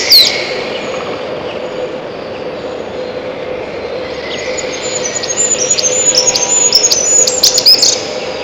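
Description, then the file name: Siberian chiffchaff song: a brief high opening note, a quieter stretch, then a run of short, high, chipping notes in the second half, over a steady low hum. "пеночка печальная"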